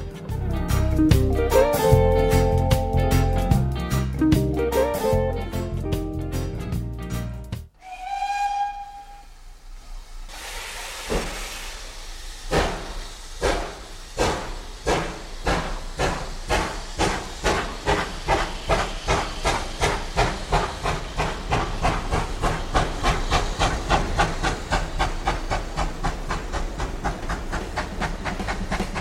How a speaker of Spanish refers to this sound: Bueno, vamos a subir al tren que va a pitar su salida.